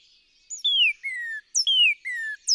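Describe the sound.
Northern cardinal song: clear whistled phrases, each a short high note into a long descending slide followed by a lower drawn-out whistle, repeated.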